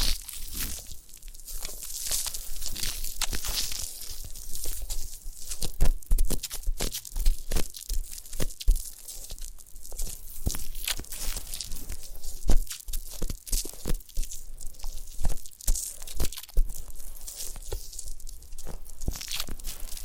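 Ear cleaning and massage sounds made up of dense, irregular crackles and crinkly rustles that run the whole time. Sharp clicks and scratchy bursts come every fraction of a second, bright and papery, with a faint low rumble beneath.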